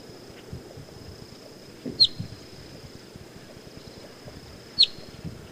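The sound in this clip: Boat-tailed grackle calls: two sharp, high, downslurred notes nearly three seconds apart, over a steady high insect-like tone and low rumbling background.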